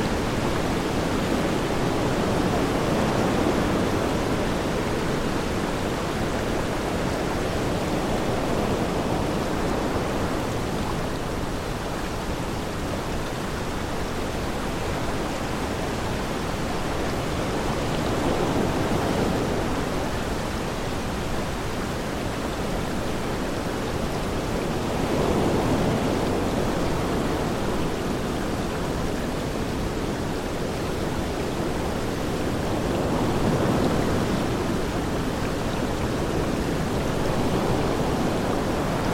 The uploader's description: Green noise, the ambient tone of nature, blended with soothing nature sounds, like wind and water